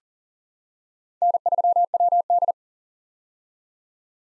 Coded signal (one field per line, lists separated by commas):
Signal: Morse code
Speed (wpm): 40 wpm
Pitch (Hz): 700 Hz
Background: none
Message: N3WD